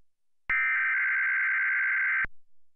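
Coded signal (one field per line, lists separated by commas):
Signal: Emergency Alert System (SAME) tones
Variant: header bursts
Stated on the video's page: Real tsunami warning activation for San Francisco after the Tōhoku earthquake, a recording of a legitimate broadcast alert.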